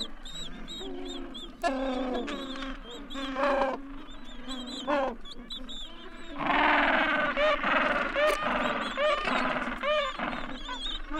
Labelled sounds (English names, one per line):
Gentoo Penguin call